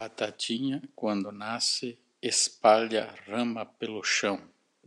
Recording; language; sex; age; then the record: short text; Brazilian Portuguese; male; 40 to 49 years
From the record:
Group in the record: control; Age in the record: 46 years